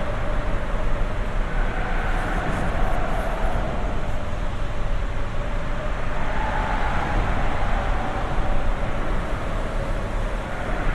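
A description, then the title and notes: Steady, dense traffic roar from the Cross County Parkway overhead, heavy in the low end with a constant rumbling wash. Faint tonal whines rise and fall within it, one around two seconds and another near seven, like tires singing on the road above. Traffic singing above, a few cars passing in front.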